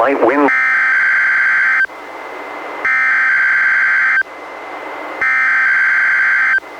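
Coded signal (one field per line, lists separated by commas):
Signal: Emergency Alert System (SAME) tones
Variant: header bursts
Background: speech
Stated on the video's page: NOAA Weather Radio weekly test issued by NWS and relayed by an Astoria station, received on a Reecom R-1630 weather radio and recorded through a Zoom H1.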